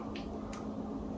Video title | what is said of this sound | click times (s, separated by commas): Hat Washer For Washing Machine | These two right here so you're going to bend them down and they snap into place and now the bill Bender stays up | 0.2 s, 0.5 s